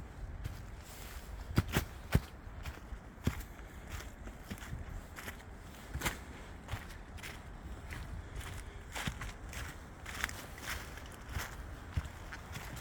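A recording from Harold Parker State Forest, with footsteps crunching at an irregular pace over a low steady outdoor rumble. Sharp crackling snaps stand out near two seconds and again around six, ten and twelve seconds.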